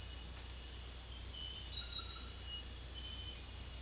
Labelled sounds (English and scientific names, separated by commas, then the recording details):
none
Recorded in secondary vegetation near Puerto Asís, Putumayo, Colombia, on 22 December 2024 at 00:30
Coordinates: 0.481, -76.318
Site G042